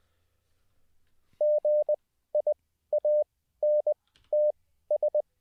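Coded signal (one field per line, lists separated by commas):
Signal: Morse code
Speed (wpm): 20 wpm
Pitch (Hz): 600 Hz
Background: none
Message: GIANTS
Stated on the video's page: Morse code practiced live as a daily CW learning session.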